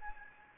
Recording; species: mosquito wingbeat signal from an infrared sensor; Anopheles gambiae